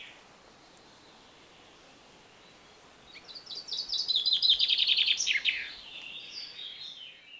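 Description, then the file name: Common chaffinch song: after a quiet start, a rapid descending series of bright notes speeds up and ends in a sharp flourish, with faint softer chirps trailing after. "Fringilla coelebs"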